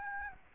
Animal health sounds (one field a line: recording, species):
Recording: mosquito wingbeat signal from an infrared sensor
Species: Aedes albopictus